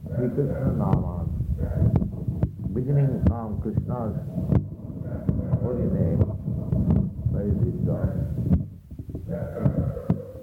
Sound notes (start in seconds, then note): 4.8 dog howling; 6.2 mike noises!